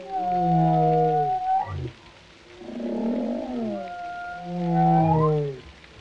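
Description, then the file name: Whale song: two long descending harmonic moans separated by a softer rough, grumbling note in the middle. "Sounds Of Whales - Whale Sounds Pt 13"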